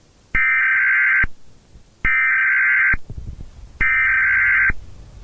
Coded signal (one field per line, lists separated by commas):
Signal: Emergency Alert System (SAME) tones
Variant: header bursts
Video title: Cloud Fall | EAS Scenario